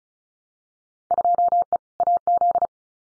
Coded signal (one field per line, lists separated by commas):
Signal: Morse code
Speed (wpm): 36 wpm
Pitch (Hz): 700 Hz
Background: none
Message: 2E AZ